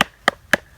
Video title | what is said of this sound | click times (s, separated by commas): Two Tip Tuesday: Bucksaws and Failed Cups | putting it together like a puzzle you heard it snap together because there's some notches in it | 0.0 s, 0.3 s, 0.5 s